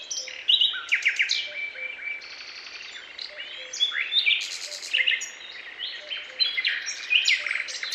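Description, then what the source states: Bird chirps mixed with downslurred whistles and quick trills, overlapping in lively bursts. Chirping birds in a forest, described as peaceful.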